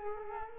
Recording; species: mosquito wingbeat signal from an infrared sensor; Culex quinquefasciatus